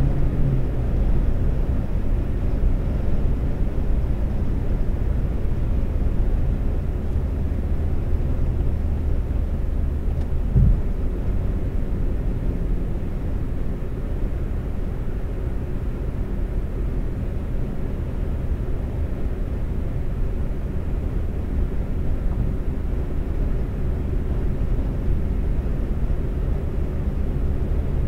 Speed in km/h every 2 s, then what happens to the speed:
122, 119, 114, 109, 106, 103, 105, 105, 105, 105, 105, 105, 105, 105.
0-9 slows to 103. 9-28 steady at about 105.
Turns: none.